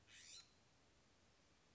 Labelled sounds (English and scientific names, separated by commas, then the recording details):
California Scrub-Jay (Aphelocoma californica)
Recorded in Sonoma County, California